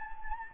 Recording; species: mosquito wingbeat signal from an infrared sensor; Anopheles gambiae